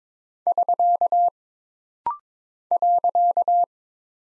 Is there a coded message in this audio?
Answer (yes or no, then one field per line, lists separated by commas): yes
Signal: Morse code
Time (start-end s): 0.5-3.6 s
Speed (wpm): 22 wpm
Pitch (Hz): 700 Hz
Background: none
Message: <SK> .